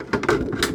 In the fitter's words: You got to Oh, did you hear the click?